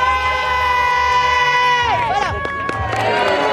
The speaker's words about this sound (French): On entend les slogans, les mots d'ordre, qu'est-ce qu'ils crient. Donc on apprend comme ça aussi ce qu'ils disent.